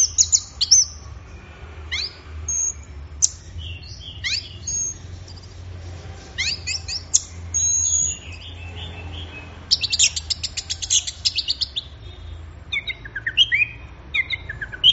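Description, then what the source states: Orange-headed thrush singing a long, varied run of high chirps, whistles and rapid trilled notes, with brief pauses and a steady low hum behind. Gacor (bird in full song) recording, used for training songbirds; offline collection of thrush sounds.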